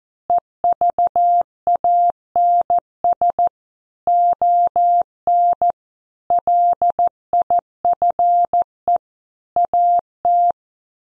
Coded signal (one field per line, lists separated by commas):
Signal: Morse code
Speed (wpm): 14 wpm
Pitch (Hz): 700 Hz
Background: none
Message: EVANS ON LIFE AT